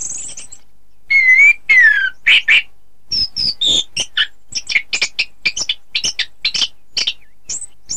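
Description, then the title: Oriental magpie-robin song with clear sliding whistles, then a quick series of varied short sharp chirps and chattering notes. "Kicau Kacer"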